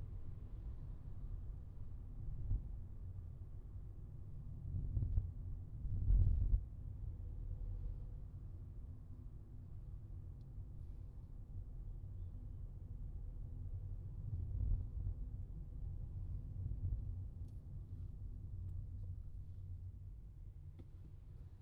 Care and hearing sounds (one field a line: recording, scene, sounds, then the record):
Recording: everyday scene through a hearing-aid microphone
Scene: in a vehicle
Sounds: engine, traffic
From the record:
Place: Skoda Fabia, gasoline engine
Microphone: in the ear canal, left